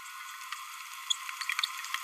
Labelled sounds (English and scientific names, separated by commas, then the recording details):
Green-rumped Parrotlet (Forpus passerinus) babbling
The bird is a male
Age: 27 days
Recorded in a nest box in Venezuela
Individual 17B31A2